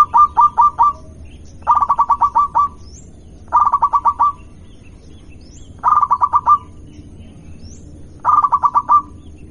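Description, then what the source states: Zebra dove giving five short bursts of five or six rapid staccato coos, spaced about two seconds apart. Local zebra dove.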